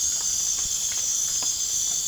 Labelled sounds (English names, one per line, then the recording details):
none
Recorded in pastures near Puerto Asís, Putumayo, Colombia, on 30 June 2025 at 22:00
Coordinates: 0.466, -76.322
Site GP07